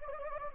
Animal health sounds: mosquito wingbeat signal from an infrared sensor; Anopheles gambiae

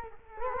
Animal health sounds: mosquito wingbeat signal from an infrared sensor; Culex quinquefasciatus

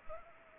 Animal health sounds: mosquito wingbeat signal from an infrared sensor; Anopheles arabiensis

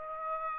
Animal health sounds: mosquito wingbeat signal from an infrared sensor; Aedes aegypti

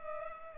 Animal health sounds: mosquito wingbeat signal from an infrared sensor; Culex pipiens

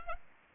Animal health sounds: mosquito wingbeat signal from an infrared sensor; Anopheles arabiensis

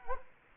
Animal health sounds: mosquito wingbeat signal from an infrared sensor; Culex quinquefasciatus

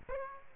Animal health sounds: mosquito wingbeat signal from an infrared sensor; Aedes aegypti

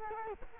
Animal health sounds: mosquito wingbeat signal from an infrared sensor; Culex quinquefasciatus

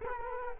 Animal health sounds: mosquito wingbeat signal from an infrared sensor; Culex quinquefasciatus

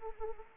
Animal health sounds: mosquito wingbeat signal from an infrared sensor; Anopheles arabiensis

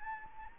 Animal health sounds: mosquito wingbeat signal from an infrared sensor; Anopheles gambiae

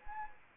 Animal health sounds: mosquito wingbeat signal from an infrared sensor; Anopheles arabiensis

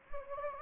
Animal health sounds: mosquito wingbeat signal from an infrared sensor; Anopheles gambiae

